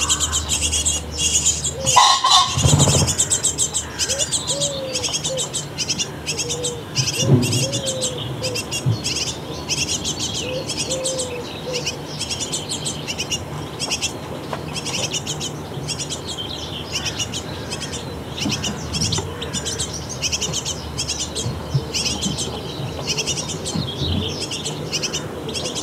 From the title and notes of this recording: Busy morning birds around a bird nest box at a Danish summer cottage. Just before sunrise, parent birds start looking for food to their hungry chicks in the bird nest box at the cottage wall. While the bird chicks are crying for food, their parents fly back and forth to the bird nest box with something to eat.